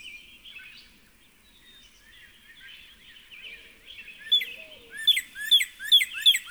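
Northern cardinal song: after several seconds of a busy background bird chorus, a run of loud, clear downslurred whistles starts, about three notes per second.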